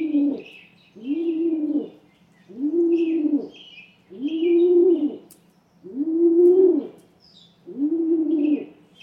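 Rock pigeon repeating a deep, swelling coo roughly every one and a half seconds, six times in a row, with faint small-bird chirps above.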